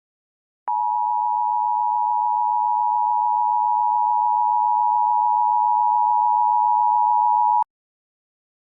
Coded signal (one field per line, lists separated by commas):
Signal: Emergency Alert System (SAME) tones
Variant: 853 and 960 Hz attention tone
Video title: Angry EAS scenario ￼